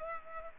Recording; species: mosquito wingbeat signal from an infrared sensor; Culex pipiens